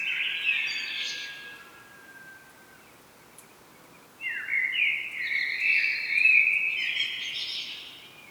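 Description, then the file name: Common blackbird song, one mellow warble trailing into a high twitter, then after a quiet gap a longer rich fluting phrase. "Turdus merula"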